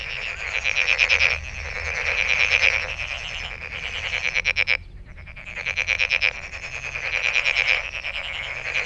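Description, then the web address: Frogs calling in a dense chorus of rapid pulsed trills, bursts lasting one to two seconds with brief pauses, several callers overlapping. Recorded 23 May 2008. "misc sound frog frog 20080523-0442"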